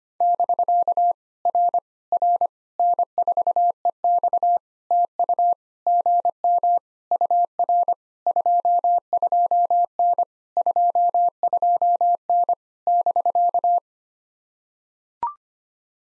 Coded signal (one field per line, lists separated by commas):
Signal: Morse code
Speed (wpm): 23 wpm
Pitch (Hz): 700 Hz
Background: none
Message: <BK> R R N4EX TU GM UR 22N 22N <BK>